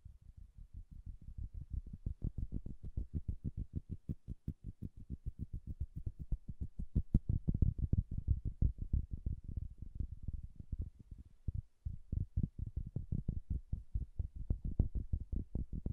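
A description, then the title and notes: Bassy, soft tapping sounds arrive in a fast, steady stream, several taps per second, each a dull low thump with little brightness. The pace holds throughout, swelling slightly louder around the middle, with a brief gap near twelve seconds before the tapping resumes. ASMR Bassy and Soft Tapping Sounds.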